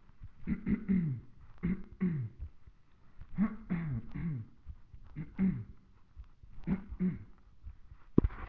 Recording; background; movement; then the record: throat clearing; quiet; sitting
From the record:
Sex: male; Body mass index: 20.5 kg/m2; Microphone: on the chest, facing the body